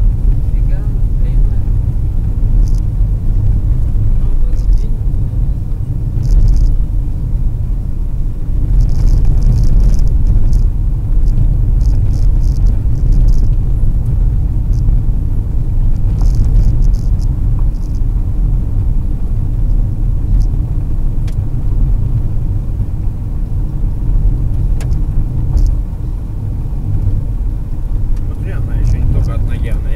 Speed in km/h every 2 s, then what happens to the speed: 51, 53, 53, 54, 56, 57, 60, 58, 59, 59, 59, 66, 65, 63, 64.
0-12 speeds up to 60. 12-20 steady at about 59. 20-23 speeds up to 66. 23-30 steady at about 64.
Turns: none.